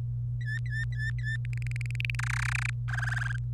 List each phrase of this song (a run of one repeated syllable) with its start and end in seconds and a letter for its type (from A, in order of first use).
0.41-1.36 A, 1.45-2.15 B, 2.19-2.70 C, 2.88-3.36 D